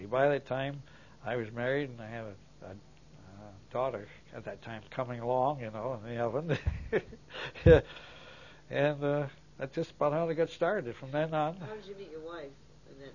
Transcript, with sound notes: By that time, I was married and I had a, a daughter at that time coming along, a bun in the oven. (laughs) And that's just about how I got started. From then on.
How'd you meet your wife in that time?